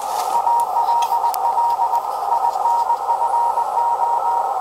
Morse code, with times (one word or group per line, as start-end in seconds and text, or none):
0.3-2.0 ALL
2.3-4.4 INFO